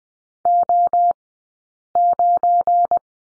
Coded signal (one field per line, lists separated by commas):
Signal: Morse code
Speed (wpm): 20 wpm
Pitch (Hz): 700 Hz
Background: none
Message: O9